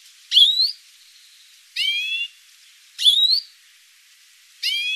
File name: Chloris chloris